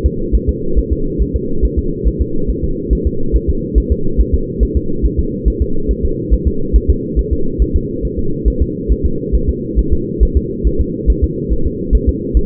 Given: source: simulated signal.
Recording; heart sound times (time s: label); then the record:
fetal heart sounds
0.06 s: S2
0.35 s: S1
0.49 s: S2
0.79 s: S1
0.93 s: S2
1.22 s: S1
1.36 s: S2
1.65 s: S1
1.79 s: S2
2.08 s: S1
2.22 s: S2
2.50 s: S1
2.64 s: S2
2.93 s: S1
3.07 s: S2
3.36 s: S1
3.50 s: S2
3.78 s: S1
3.92 s: S2
4.21 s: S1
4.35 s: S2
4.63 s: S1
4.77 s: S2
5.06 s: S1
5.20 s: S2
5.48 s: S1
5.62 s: S2
5.91 s: S1
6.05 s: S2
6.34 s: S1
6.48 s: S2
6.76 s: S1
6.90 s: S2
7.19 s: S1
7.33 s: S2
7.62 s: S1
7.76 s: S2
8.05 s: S1
8.19 s: S2
8.48 s: S1
8.62 s: S2
8.92 s: S1
9.06 s: S2
9.35 s: S1
9.49 s: S2
9.79 s: S1
9.93 s: S2
10.23 s: S1
10.37 s: S2
10.67 s: S1
10.81 s: S2
11.10 s: S1
11.24 s: S2
11.53 s: S1
11.67 s: S2
11.95 s: S1
12.09 s: S2
12.37 s: S1
From the record:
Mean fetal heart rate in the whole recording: 140 bpm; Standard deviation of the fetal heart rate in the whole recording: 2 bpm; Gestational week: 34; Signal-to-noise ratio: -8.1 dB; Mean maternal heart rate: 72 bpm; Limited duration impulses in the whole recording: present